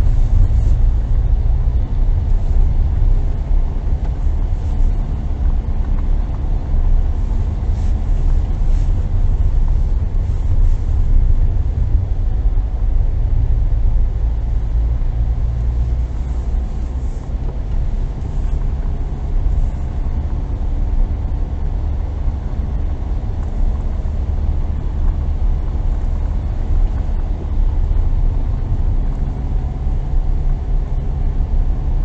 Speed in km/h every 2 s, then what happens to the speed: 17, 19, 20, 19, 18, 15, 15, 18, 20, 20, 21, 21, 21, 20, 19, 19.
0-12 steady at about 18. 12-19 speeds up to 21. 19-32 steady at about 20.